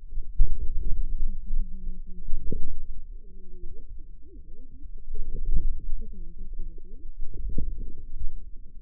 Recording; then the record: forearm muscle sounds (acoustic myography)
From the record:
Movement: inward rotation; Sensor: system 2, bracelet of six BSWA MPA416 microphones around the upper forearm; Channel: 6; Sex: female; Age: 21 years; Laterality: right